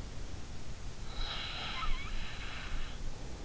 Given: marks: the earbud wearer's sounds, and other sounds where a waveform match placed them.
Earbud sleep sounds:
sounds in sleep by an in-ear microphone; snoring breath
1.05-3.03 s: snoring breath

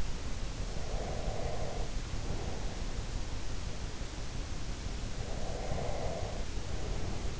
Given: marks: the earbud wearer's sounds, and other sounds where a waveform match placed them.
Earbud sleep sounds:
sounds in sleep by an in-ear microphone; breath
0.75-3.04 s: breath
5.18-7.40 s: breath

